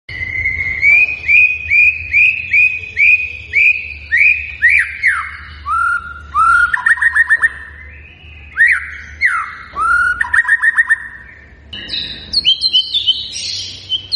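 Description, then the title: White-rumped shama song: repeated upslurred whistles, then sweeping downward slurs alternating with rapid clicking, stuttered bursts and scratchy high notes at the end. Lure song of vigorously singing birds, meant to make other birds respond. "PANCINGAN MURAI BATU GACOR, LANGSUNG RESPON"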